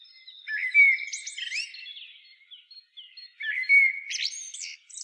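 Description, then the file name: Common blackbird song: two phrases about three seconds apart, each a short whistled note followed by a high, scratchy twitter. "Turdus merula"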